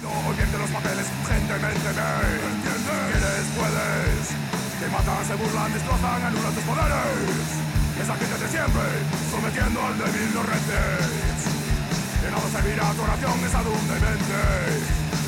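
A loud, dense heavy rock song: steady pounding drums under thick distorted guitars, with harsh shouted vocals breaking through the wall of sound at a constant, driving level.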